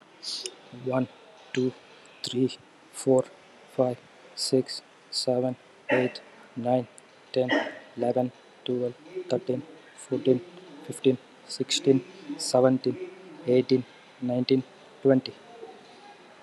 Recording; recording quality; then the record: counting at a normal pace; excellent, no background noise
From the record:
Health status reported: COVID-19 positive, moderate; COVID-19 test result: positive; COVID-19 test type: RT-PCR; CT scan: not taken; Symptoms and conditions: cough, cold, loss of smell and taste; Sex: male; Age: 28 years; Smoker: no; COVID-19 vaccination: none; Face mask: not worn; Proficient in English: yes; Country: India